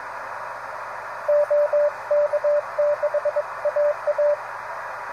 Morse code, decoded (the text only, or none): OK6AA